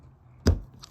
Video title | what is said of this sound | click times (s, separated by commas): Installing wire locks on aftermarket pistons the easy way. | so you can feel it you can actually hear it snap in then you just push the pin | 0.5 s